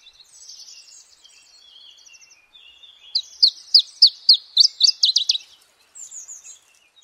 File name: iberianchiffchaff